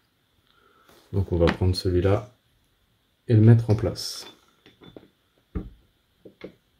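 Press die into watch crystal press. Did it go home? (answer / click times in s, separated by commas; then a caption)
yes / 6.4 s. A die of the upper diameter is picked and pushed by hand into the head of a watch crystal press while someone talks. It simply clips in by force with little effort. A few light taps and handling clicks follow, and the die seats with a sharp click at 6.4 s.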